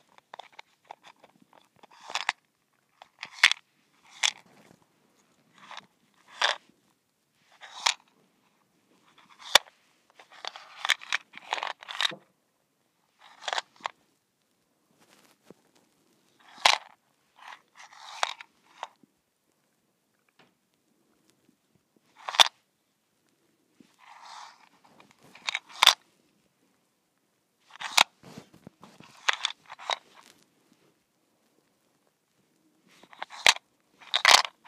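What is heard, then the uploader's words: A mint shaker rattles in short, sharp bursts, each a crisp clatter of small pieces against plastic, bright and mostly high with little low end. Shakes come irregularly, sometimes singly, sometimes in quick clusters, separated by stretches of silence. ASMR: Mint Shaker.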